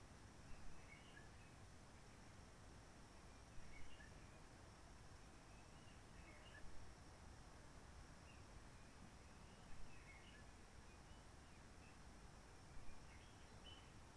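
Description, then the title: Réunion bulbul song: faint short whistled phrases about every three seconds over steady hiss and low rumble. Roche Merveilleuse, Réunion; forest quiet during lockdown from 19 March 2020, no people, microlights or helicopters; sunny blue sky; birds not very active; sings simpler short phrases, adapted to aircraft noise. "Roche Merveilleuse, Réunion - Merle de lîle de la Réunion."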